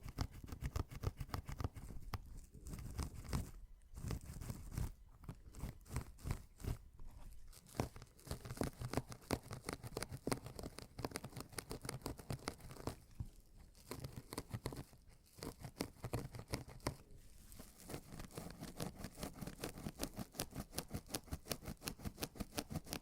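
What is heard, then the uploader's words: Mini scratching: a dense run of rapid, rough scrapes repeating many times a second for the whole 23 seconds. The strokes are crackly and papery, mostly low but reaching high, with brief gaps near 4, 7, 14 and 17 seconds. ASMR Mini Scratching (NO TALKING).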